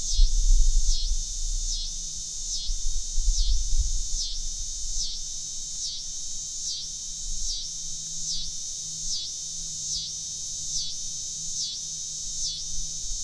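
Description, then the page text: Coastal scissor grinder cicada singing a loud, high buzzing drone that pulses rhythmically throughout, with low rumbling noise underneath. An annual cicada species found in the Lower Susquehanna River Watershed. "CICADAS of the Lower Susquehanna River Watershed"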